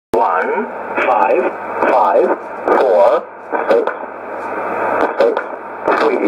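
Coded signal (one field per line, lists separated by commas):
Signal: numbers station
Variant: E07a, English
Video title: 09 02 2019 E07a English Man Numbers station in English to Eu 0925 on 12153 unknown tx site USB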